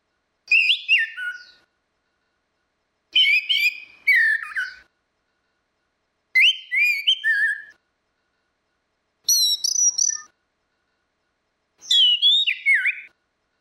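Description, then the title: Orange-headed thrush song of five separate phrases, each a quick series of whistled and slurred notes, separated by short pauses. "Burung Anis Merah"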